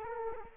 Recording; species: mosquito wingbeat signal from an infrared sensor; Culex quinquefasciatus